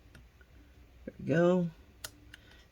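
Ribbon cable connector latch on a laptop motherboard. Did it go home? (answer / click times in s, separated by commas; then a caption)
yes / 2.0 s, 2.3 s. On a Lenovo ThinkPad P1 Gen 2 laptop motherboard, a ribbon-cable connector latch is pressed down to lock the cable in place while someone talks. Two sharp ticks are heard at 2.0 s and 2.3 s as the latch snaps down, and the cable is seated.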